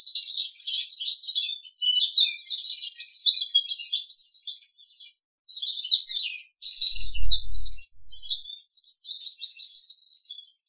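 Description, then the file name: Crested canary song, a fast high twittering warble of chirps and trills, thinning into separate phrases after midway, with a brief low sound. "audio kenari jambul"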